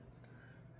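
A small steel screw is driven into a tight, unthreaded hole in the brass transmission plate of a TRX4M RC crawler. A short, sharp tick at 0.2 seconds is heard over a low steady background hum. The screw strips in the brass plate.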